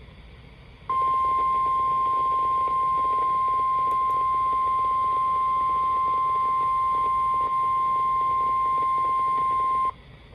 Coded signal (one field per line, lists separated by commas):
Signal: Emergency Alert System (SAME) tones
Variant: 1050 Hz attention tone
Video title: JUNE MADNESS || EAS Alerts from 6-2-22 || EAS 192-211